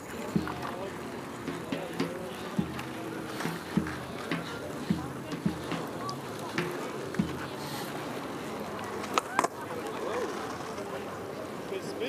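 Hundreds of people go about their activities on the Tempelhofer Freiheit in Berlin, a steady murmur of voices filling the clip. Short clicks and knocks pop up every second or two, with a louder clatter around nine seconds, over a constant low rumble.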